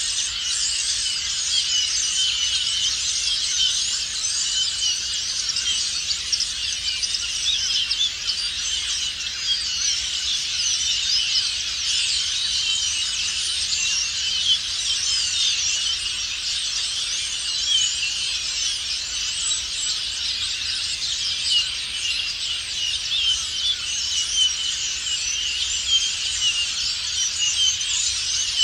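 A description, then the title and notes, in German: A flock of starlings chatters and squeaks without pause, a dense, bright, unbroken mass of calls holding steady throughout with faint low rumble beneath. Stare in der Lehmgrube Marloffstein (am Morgen; Kopfhörerfassung). Die Stare sind am Morgen noch lauter als am Abend.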